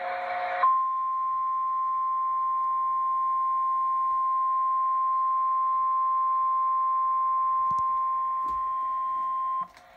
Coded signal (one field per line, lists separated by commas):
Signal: Emergency Alert System (SAME) tones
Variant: 1050 Hz attention tone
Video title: FFW #4 on KHQ-DT (EAS #1079)